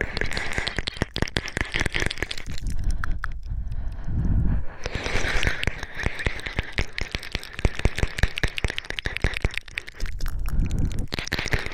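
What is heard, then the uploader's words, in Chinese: Mouth sounds fill the clip: wet, rapid clicks and smacking, with heavy, rough breathing rising and falling throughout. Deep low rumbles swell around four seconds and again near eleven seconds, while a steady hiss sits underneath. 口腔音吸耳 喘粗气声。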